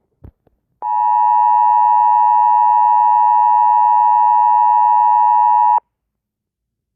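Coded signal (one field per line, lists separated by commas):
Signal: Emergency Alert System (SAME) tones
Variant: 853 and 960 Hz attention tone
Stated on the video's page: Fictional zombie emergency alert scenario, not a real broadcast.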